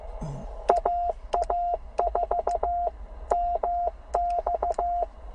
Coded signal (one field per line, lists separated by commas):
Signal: Morse code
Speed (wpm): 17 wpm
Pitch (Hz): 690 Hz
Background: none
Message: AA4MX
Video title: Some CW copy practice from Tennessee with AA4SB today